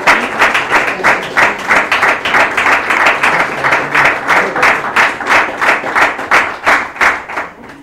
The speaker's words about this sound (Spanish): Vamos, denle un aplauso a Jesús. Amén.